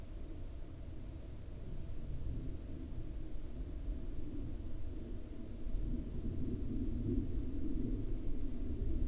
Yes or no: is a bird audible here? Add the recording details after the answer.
no. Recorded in the Arctic National Wildlife Refuge, Alaska, on 22 July 2019 at 02:41. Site 40